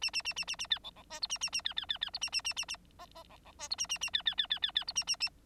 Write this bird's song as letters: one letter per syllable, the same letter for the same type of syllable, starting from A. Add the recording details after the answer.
A A A A A A B C C D E A A A B B B B E A A A A A F F C C D E A A A B B B B B B E A A A. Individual Bird9